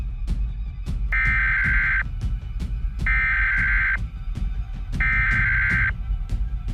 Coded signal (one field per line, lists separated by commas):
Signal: Emergency Alert System (SAME) tones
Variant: header bursts